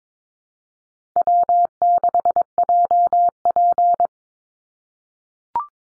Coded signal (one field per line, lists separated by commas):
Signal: Morse code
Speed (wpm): 22 wpm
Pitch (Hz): 700 Hz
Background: none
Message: W6JP